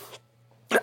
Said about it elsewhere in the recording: As you can hear by me coughing, I'm doing it at the cost of my health.